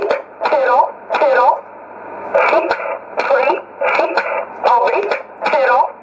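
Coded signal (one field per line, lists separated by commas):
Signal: numbers station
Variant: E11, English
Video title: 14 09 2018 E11 Oblique Numbers station in English to Eu 0717 on 9963 unknown tx site in USB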